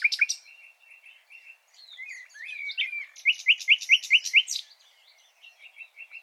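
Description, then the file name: Common nightingale song with spaced soft whistles, a brief warble, a run of several loud rising notes, then quiet repeated whistles. "Luscinia megarhynchos"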